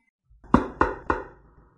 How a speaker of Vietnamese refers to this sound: Đột nhiên tiếng gõ cửa truyền đến, làm cho cô sửng sốt.